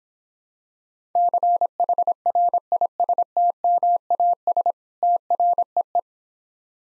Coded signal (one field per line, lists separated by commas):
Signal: Morse code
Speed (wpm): 26 wpm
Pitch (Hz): 700 Hz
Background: none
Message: CHRISTMAS TREE